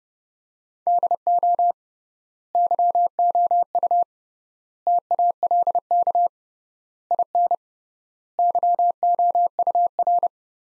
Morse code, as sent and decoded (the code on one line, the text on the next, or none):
-.. --- / -.-- --- ..- / - .- .-.. -.- / .. -. / -.-- --- ..- .-.
DO YOU TALK IN YOUR